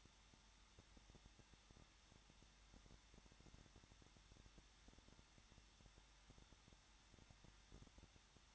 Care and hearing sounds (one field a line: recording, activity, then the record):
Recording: daily activity, microphone in the room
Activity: no activity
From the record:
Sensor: 3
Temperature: 21.2 degrees Celsius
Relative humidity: 36.4%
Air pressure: 1006.4 hPa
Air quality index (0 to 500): 223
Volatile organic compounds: 43 ppm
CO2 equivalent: 3190 ppm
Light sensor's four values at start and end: 2/3/2/2 and 2/3/2/2